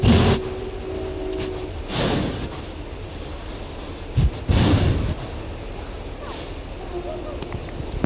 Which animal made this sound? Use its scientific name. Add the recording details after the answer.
Elaphurus davidianus. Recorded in captivity. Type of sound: sniffing. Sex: female. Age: adult. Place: Zoo Dresden, Sachsen, DE. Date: 1971-01-16. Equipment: Uher 4200 Report Stereo, Sennheiser MD 421 (z.T. mit Tesla-Verstärker). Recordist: Tembrock, Günter. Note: Davidshirsch: Weibchen: Atemgeräusch (Wittern) am Mikrofon